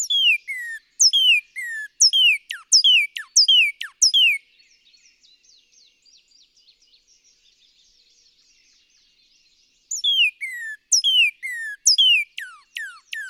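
Northern cardinal singing a string of clear, downslurred whistled notes in quick succession, a quiet gap, then another run of similar slurred whistles.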